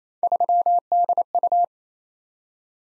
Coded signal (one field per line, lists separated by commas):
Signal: Morse code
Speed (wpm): 27 wpm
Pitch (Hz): 700 Hz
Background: none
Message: 3DU